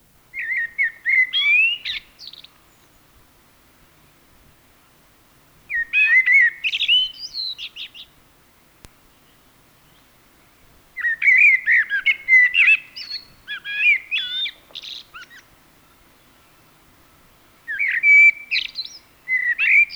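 A Eurasian blackbird sings alone in separate phrases of mellow, fluting whistles, each warbling run ending in higher, thinner twittering notes, with short pauses between phrases.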